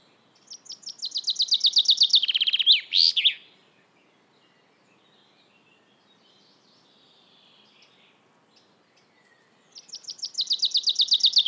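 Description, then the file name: Common chaffinch song: a run of bright repeated notes ending in a sharp flourish, then near silence before another phrase begins. "Fringilla coelebs"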